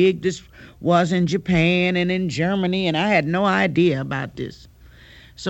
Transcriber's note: none